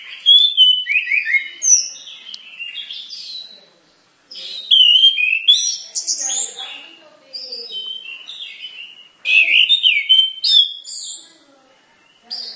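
Bird song: lively, high twittering and whistled slurs in several long bursts, separated by brief silences.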